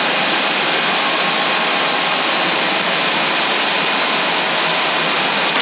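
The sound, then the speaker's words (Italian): A steady, unbroken CB radio carrier hiss, band-limited and fairly loud, runs evenly throughout with no voice on it, followed by a final beep. “sento una portante con un bip finale ma non sento la voce.”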